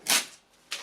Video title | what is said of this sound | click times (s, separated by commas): CL268 - How To Fix PE / PE2 / PE-2/ PE3 / PE-3 Error Message On CountLab 2 Cash Register | Click into place, | 0.1 s